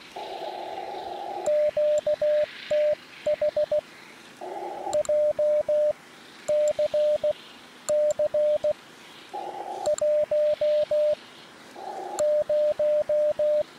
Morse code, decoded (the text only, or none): QTH JCC 10